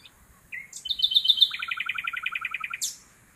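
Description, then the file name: Common nightingale song phrase: short upslurred notes lead into a fast run of high notes, then a long rattling trill of even pulses, ending with a sharp high note. "Luscinia megarhynchos"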